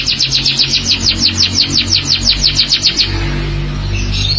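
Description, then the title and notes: Canary song: a rapid, even series of high repeated chirped notes for about three seconds, then quieter notes over a low rumbling background. "BM Suara Kenari. BM Suara Burung Kenari"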